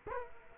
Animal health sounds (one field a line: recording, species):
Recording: mosquito wingbeat signal from an infrared sensor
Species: Culex quinquefasciatus